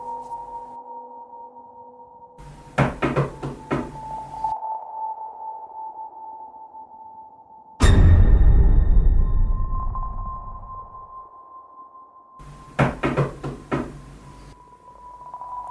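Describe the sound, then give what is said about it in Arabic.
Two bursts of quick, sharp knocking on a door over a steady droning tone, with a single heavy booming thud between them that rumbles and fades over a couple of seconds; a distinctive knock at about 9 at night. “خبطة الباب كانت مميزة جدا”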